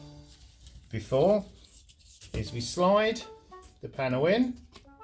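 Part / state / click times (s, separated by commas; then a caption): plastic baby gate panel into adjoining gate panel / not seated / none. A plastic panel of a Safetots Automatic Folding Retractable baby gate is being slid into the adjoining gate panel while someone talks over music playing underneath. The clip ends before the panel goes home, so nothing has clicked or seated yet.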